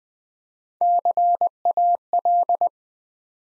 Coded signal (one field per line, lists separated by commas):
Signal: Morse code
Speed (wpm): 20 wpm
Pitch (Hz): 700 Hz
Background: none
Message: CAL